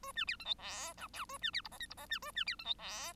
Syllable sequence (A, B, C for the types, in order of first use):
A B C D E F G H A B C I J K I J B A B C D E F